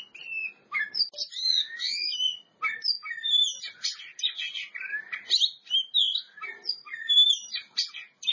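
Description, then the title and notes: Oriental magpie-robin singing a lively medley of upslurred and downslurred whistles, sharp chips and twittering notes, delivered in short varied phrases. Champion singing bird. "Kicau Burung Kacer Juara. Suara Kicauan Burung Kacer Juara"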